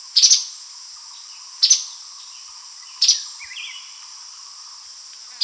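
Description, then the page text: Streaked spiderhunter calls, several sharp high chip notes roughly every one and a half seconds, over a constant high hiss, with a faint warbling bird in the background. "Streaked Spiderhunter Calls. Quick Sounds"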